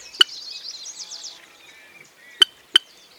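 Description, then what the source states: Sora chick: a thin, high, buzzy trill at the start, with three sharp clicks, one at the start and two near the end. A chick hidden among reeds in a marsh.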